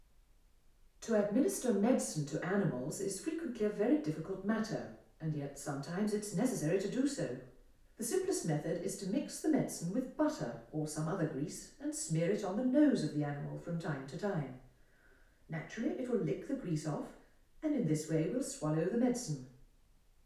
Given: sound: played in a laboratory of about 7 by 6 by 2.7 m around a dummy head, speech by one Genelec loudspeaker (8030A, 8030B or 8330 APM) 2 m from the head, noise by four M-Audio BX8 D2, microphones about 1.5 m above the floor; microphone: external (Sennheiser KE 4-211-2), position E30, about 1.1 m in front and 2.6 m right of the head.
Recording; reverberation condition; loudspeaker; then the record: female speech in English; medium; 150 degrees to the left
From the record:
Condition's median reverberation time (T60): about 510 ms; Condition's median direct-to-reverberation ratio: about -0.5 dB